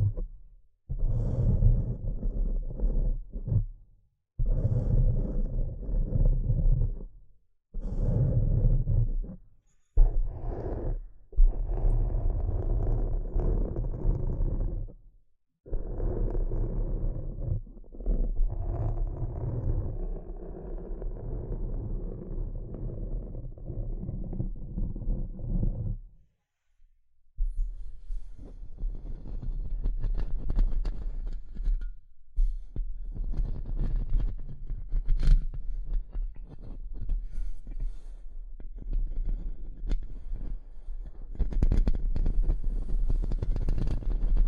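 Tapping and scratching: the first half is a run of low, thumping bursts, each a second or two long, separated by short silences. After a brief gap near 27 seconds it turns into continuous scratching, brighter and busier, with sharp ticks scattered throughout.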